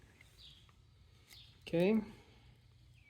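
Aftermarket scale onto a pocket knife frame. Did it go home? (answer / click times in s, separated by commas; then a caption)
no / none. Someone handles an Innovyx aftermarket scale for a 91mm Victorinox pocket knife frame, tightening the screws on the second side's scale so it will click into place, amid quiet background noise with faint chirps and a small tap near 0.2 s. Someone talks briefly around 1.7 to 2.0 s. Nothing has seated or clicked yet.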